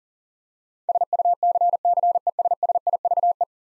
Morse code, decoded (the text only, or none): SUCCESSIVE